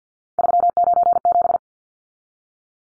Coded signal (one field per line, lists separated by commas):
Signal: Morse code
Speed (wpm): 50 wpm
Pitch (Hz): 700 Hz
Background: none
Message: 397